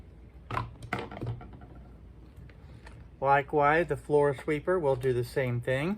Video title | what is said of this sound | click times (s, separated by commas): Review of the Prettycare Cordless Lightweight Vacuum | all we need to do is just slide it in place it clicks in position | 0.9 s